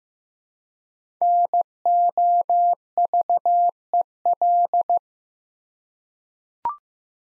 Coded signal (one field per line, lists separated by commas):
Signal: Morse code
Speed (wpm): 15 wpm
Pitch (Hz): 700 Hz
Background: none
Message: NOVEL